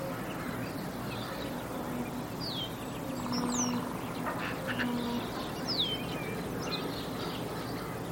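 Bird calls, a few thin whistled notes sliding downward, scattered over steady background hiss.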